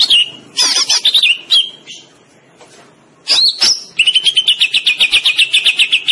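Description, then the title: Greater green leafbird delivering sharp whistled notes, a brief lull, a short burst of notes, then a long, steady, fast trill of repeated high notes. Singing in 'gacor' style, an Indonesian term for vigorous, continuous singing. "Cucak Ijo Gacor"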